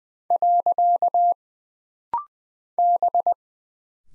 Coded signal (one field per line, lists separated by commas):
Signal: Morse code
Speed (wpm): 20 wpm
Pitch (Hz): 700 Hz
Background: none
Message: . B